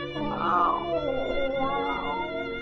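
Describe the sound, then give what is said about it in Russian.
A cat sitting on a road gives a long, drawn-out, mournful meow that rises, then slowly sinks and wavers in pitch, sounding plaintive and sad, with no talking over it. “Шли они, шли, и вдруг видят, сидит на дороге кот, печальный, невеселый.”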